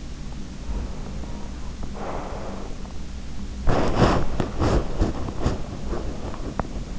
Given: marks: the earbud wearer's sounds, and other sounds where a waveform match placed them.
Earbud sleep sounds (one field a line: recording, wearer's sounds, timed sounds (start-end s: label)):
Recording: sounds in sleep by an in-ear microphone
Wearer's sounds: breath, body movement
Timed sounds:
0.67-3.05 s: breath
3.59-6.89 s: body movement